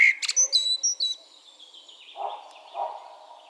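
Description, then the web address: Eurasian blackbird song phrase: a mellow whistled note and a burst of high thin twittering, followed by softer lower sounds. "SETE data Turdus merula"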